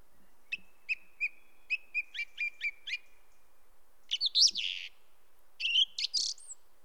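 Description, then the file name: Song thrush song: a run of sharp repeated notes near the same pitch, followed by loud buzzy and scratchy phrases, over quiet background hiss. "grive musicienne"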